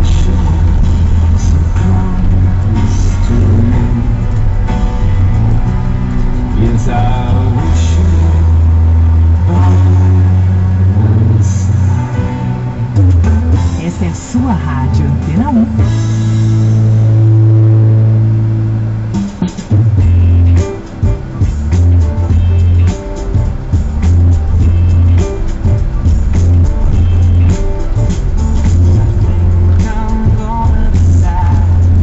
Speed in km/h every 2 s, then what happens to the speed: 17, 15, 14, 12, 2, 0, 0, 0, 0, 0, 0, 7, 13, 15, 14, 15.
0-8 slows to 2. 8-20 standing. 20-24 pulls away to 13. 24-32 steady at about 14.